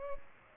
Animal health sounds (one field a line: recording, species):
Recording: mosquito wingbeat signal from an infrared sensor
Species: Culex pipiens